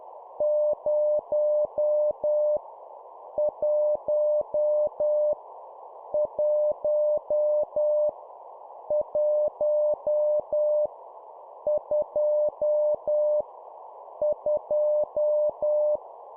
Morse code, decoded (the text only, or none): 0 1 1 1 2 2